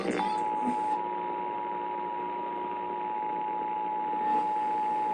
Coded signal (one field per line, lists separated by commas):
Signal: Emergency Alert System (SAME) tones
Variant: 853 and 960 Hz attention tone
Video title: EAS #71/84 - Minnesota Required Monthly Test - Oct 5, 2022